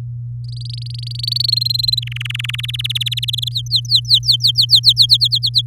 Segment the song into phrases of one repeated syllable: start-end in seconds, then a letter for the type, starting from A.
0.44-1.51 A, 1.52-2.00 B, 2.02-2.61 C, 2.63-3.25 D, 3.28-3.49 E, 3.51-5.06 F, 5.09-5.62 G